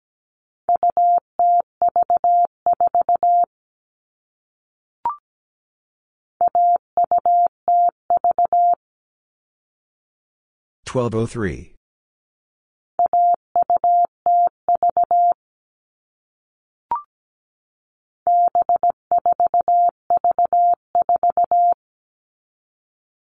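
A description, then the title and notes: Morse code beeps in a steady mid-pitched tone, sent in four bursts of dots and dashes, separated by brief clicks and a short crackle midway. All Cut Numbers - 4-Digit 17wpm. The cut numbers swap T, A, U, V, E, B, D, and N for 0, 1, 2, 3, 5, 7, 8, and 9, respectively. First, the number is sent in Morse code. Then it is spoken.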